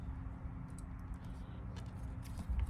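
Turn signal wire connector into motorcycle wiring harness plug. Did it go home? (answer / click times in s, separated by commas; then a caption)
yes / 2.6 s. A motorcycle LED vent turn signal wire connector is pushed into its mating wiring harness plug over a steady low hum with faint handling rustle. A short, sharp click at 2.6 s confirms the connector has seated.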